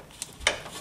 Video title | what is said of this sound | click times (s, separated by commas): DIY HID Xenon Install: Honda Civic 1992-2002 | wait for the clicking sound so | 0.5 s